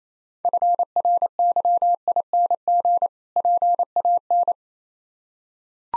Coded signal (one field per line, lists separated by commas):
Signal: Morse code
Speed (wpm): 28 wpm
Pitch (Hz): 700 Hz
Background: none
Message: FRYING PAN